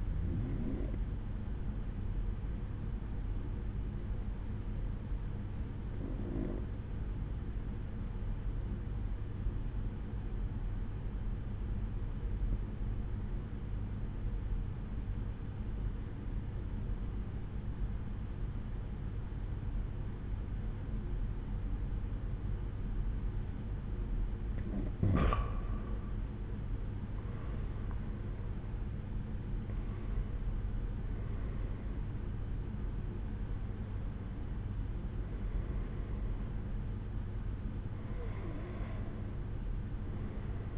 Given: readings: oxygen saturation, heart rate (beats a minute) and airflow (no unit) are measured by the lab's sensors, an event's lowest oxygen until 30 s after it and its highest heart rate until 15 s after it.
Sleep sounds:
breathing in sleep by a smartphone at the bedside; 1
4.00-26.00 s: obstructive apnea (N1, oxygen 94% highest, then 88% lowest)
14.00-40.78 s: new sleep stage, N2 (light sleep)
From the record:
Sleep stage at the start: N1 (lightest sleep); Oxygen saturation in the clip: 88 to 94%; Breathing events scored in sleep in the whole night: 187 in 7.2 hours asleep

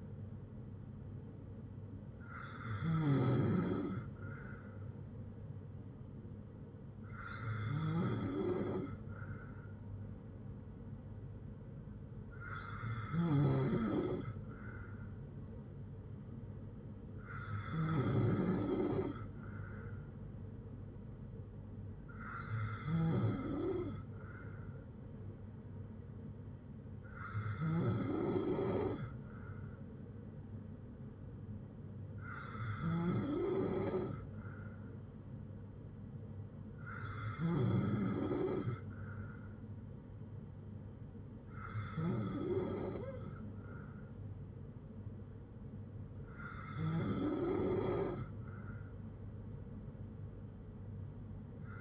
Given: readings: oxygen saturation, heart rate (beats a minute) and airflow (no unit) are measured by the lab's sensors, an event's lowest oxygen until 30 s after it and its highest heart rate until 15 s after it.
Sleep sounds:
breathing in sleep by a smartphone at the bedside; none
none scored
From the record:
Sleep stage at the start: N3 (deep sleep); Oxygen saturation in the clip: 95 to 96%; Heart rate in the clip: 59 to 69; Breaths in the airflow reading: 11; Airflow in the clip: -5.4 to 3.4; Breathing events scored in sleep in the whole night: 182 in 7.4 hours asleep

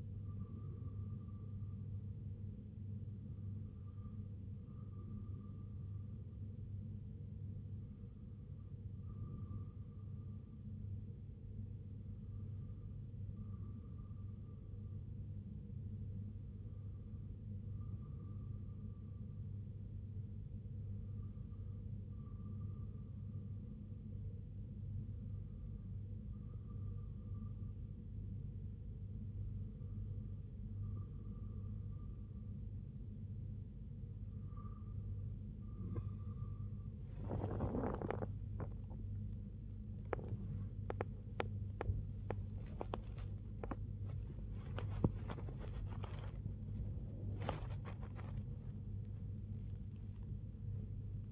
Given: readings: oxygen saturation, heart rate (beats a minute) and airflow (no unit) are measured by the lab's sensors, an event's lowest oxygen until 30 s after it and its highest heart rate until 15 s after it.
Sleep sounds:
breathing in sleep by a smartphone at the bedside; 1
16.00-39.00 s: hypopnea (N2, oxygen 94% highest, then 94% lowest, heart rate 66 at the start, 90 highest)
37.00-51.32 s: new sleep stage, awake
38.00-51.32 s: awake
From the record:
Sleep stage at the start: N2 (light sleep); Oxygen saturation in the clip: 94 to 95%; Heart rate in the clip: 60 to 89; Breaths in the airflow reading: 10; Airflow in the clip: -5.9 to 9.4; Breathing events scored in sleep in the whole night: 258 in 7.4 hours asleep

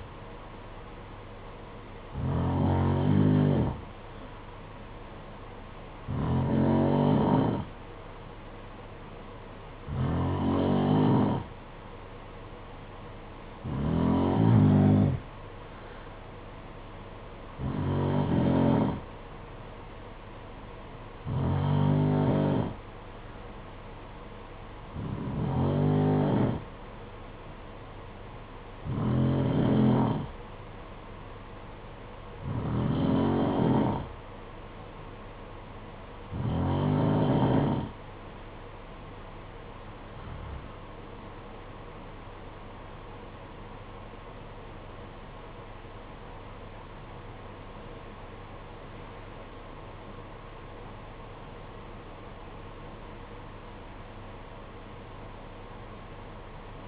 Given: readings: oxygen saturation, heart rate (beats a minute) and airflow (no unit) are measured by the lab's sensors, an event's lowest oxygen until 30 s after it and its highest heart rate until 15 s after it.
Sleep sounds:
breathing in sleep by a voice recorder at the bedside; 1
30.00-45.30 s: hypopnea (N2, oxygen 92% highest, then 92% lowest, heart rate 56 at the start, 64 highest)
37.00-56.88 s: new sleep stage, N1 (lightest sleep)
From the record:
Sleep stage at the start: N2 (light sleep); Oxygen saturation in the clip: 91 to 92%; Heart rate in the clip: 55 to 64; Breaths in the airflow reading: 15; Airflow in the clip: -13.8 to 13.5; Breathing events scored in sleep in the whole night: 476 in 9.7 hours asleep

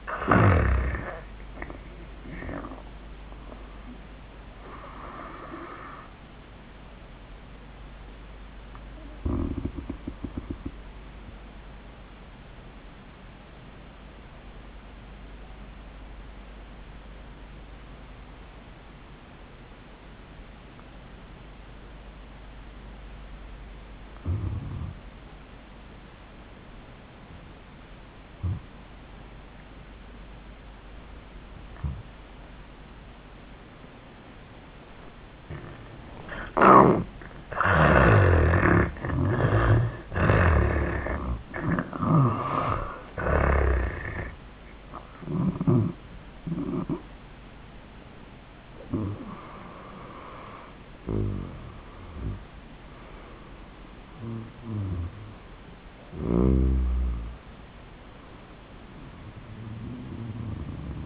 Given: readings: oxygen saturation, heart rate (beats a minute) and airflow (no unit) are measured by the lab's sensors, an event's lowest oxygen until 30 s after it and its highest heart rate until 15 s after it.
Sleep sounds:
breathing in sleep by a voice recorder at the bedside; 1
2.00-61.06 s: new sleep stage, N1 (lightest sleep)
3.00-36.60 s: hypopnea (N1, oxygen 97% highest, then 79% lowest, heart rate 93 at the start, 101 highest)
From the record:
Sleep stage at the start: N2 (light sleep); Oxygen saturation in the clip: 79 to 97%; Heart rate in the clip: 74 to 104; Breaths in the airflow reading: 8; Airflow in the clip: -34.8 to 23.3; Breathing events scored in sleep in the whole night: 400 in 8.7 hours asleep

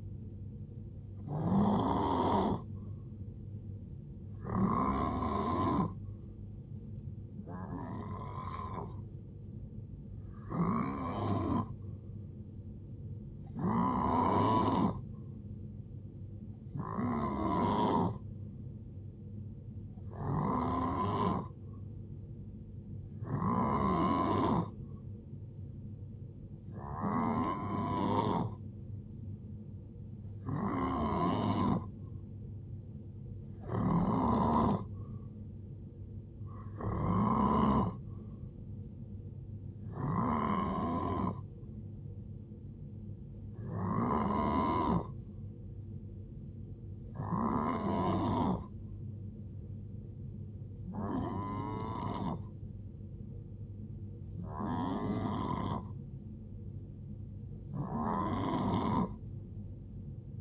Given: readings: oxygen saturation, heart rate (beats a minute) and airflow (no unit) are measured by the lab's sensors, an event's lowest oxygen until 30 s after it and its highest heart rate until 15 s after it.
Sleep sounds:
breathing in sleep by a smartphone at the bedside; none
none scored
From the record:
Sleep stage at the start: N3 (deep sleep); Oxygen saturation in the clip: 89 to 92%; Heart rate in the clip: 62 to 77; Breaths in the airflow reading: 17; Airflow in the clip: -9.0 to 7.0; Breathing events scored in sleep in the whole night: 389 in 6.3 hours asleep

